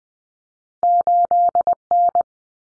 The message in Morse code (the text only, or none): 8N